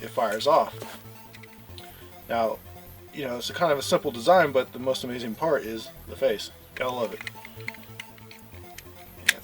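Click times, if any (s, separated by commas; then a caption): 9.3 s. A plastic brick piece on the vehicle from Lego set 6863, Batwing Battle Over Gotham City, is pushed back into its mounting while someone talks over background music. A few soft ticks come before a sharp, loud click at 9.3 s as the piece snaps back into place.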